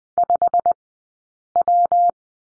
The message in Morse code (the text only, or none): 5W